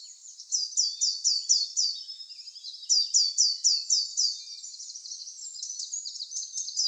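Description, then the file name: Eurasian blue tit producing two short runs of high, slurred notes, followed by softer, more irregular high twitters. "Cyanistes caeruleus"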